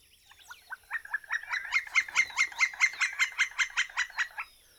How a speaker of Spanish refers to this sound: ¿Qué te dijo ese pájaro? Él es el carpintero real.